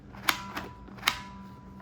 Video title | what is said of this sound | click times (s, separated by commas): SW-Motech Pro tank bag overview on Ducati Streetfighter V2 | what happened was this thing locks and clicks into place. This takes a fairly good amount of pressure. | 0.3 s, 1.1 s